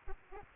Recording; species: mosquito wingbeat signal from an infrared sensor; Aedes albopictus